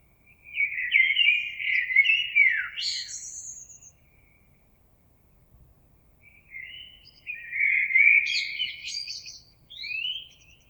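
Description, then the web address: Common blackbird singing two flowing, fluty phrases a few seconds apart, each closing with squeaky high twittering notes. On 26 April 2022. "oiseaux Merle 2022 04 26"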